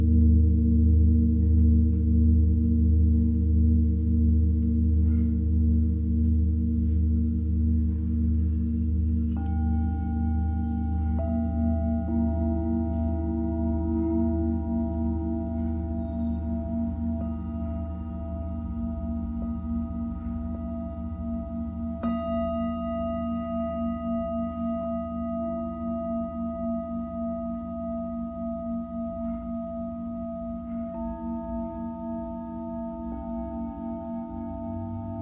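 A Tibetan singing bowl rings with a low, steady hum, and higher tones enter around ten, twelve and twenty-two seconds, slowly fading.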